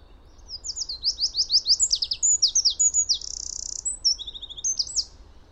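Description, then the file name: Eurasian wren song, a vigorous burst of piercing rapid notes, a brief buzzing trill and a final tinkling run, with low background rumble. "Troglodytes troglodytes"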